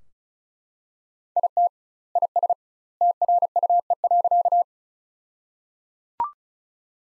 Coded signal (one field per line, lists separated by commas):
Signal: Morse code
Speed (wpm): 34 wpm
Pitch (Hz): 700 Hz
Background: none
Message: IT IS TRUE.